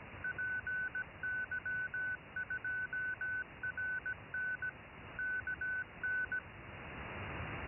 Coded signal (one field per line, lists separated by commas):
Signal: Morse code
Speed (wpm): 17 wpm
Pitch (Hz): 1500 Hz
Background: none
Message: PY2RN KN